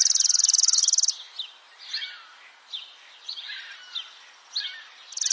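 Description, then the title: Eurasian tree sparrow chirps, short sharp notes scattered irregularly, with a dense insect-like buzzing trill at the start and end. "burung gereja"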